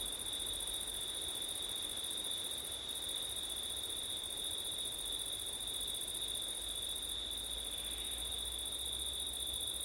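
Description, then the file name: Cricket song as a continuous shrill trill, the higher band dropping out briefly twice, with rushing wind and a low rumble underneath. Crickets on a windy September night; ORTF stereo. "crickets wind september night ortif"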